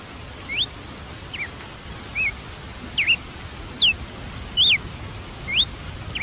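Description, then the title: Red-cowled cardinal giving a run of crisp whistled syllables, some rising and some falling, with short pauses between notes. "Galo de Campina"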